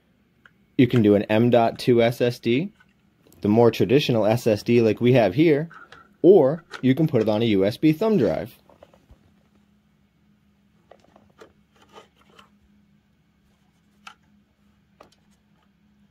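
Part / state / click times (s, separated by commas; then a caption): SATA cable connector into SSD / not seated / none. Someone talks for about eight seconds, then a first-time builder handles a cable connector, likely the data cable, against a SATA SSD during an ASRock H510 Pro BTC+ mining motherboard assembly. Only a low steady hum and a few faint, sharp ticks are heard near 10.9, 11.4, 12.4, 14.1 and 15.0 seconds. Nothing has seated or clicked yet.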